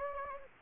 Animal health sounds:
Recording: mosquito wingbeat signal from an infrared sensor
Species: Anopheles gambiae

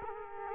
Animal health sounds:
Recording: mosquito wingbeat signal from an infrared sensor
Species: Culex quinquefasciatus

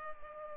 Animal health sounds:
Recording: mosquito wingbeat signal from an infrared sensor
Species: Culex pipiens

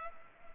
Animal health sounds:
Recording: mosquito wingbeat signal from an infrared sensor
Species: Culex pipiens

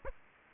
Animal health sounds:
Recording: mosquito wingbeat signal from an infrared sensor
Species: Aedes aegypti

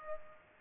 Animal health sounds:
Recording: mosquito wingbeat signal from an infrared sensor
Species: Culex pipiens

